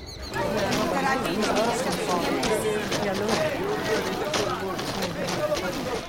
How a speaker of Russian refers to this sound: как на погрузочной площадке собирается толпа.